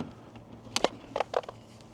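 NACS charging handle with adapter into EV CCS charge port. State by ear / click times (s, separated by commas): not seated / none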